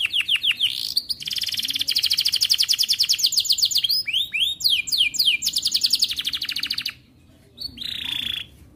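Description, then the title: Atlantic canary song of rapid rolling trills and downslurred notes, then a short pause and a brief final phrase. Canary singing actively, with the best varied phrases (cengkok) and rich fill-in notes (isian). "Kenari Gacor Cengkok Terbaik Isian Paling Mewah"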